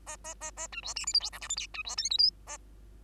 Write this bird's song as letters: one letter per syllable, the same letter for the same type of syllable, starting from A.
A A A A B C D E F G H I J K B C L M N A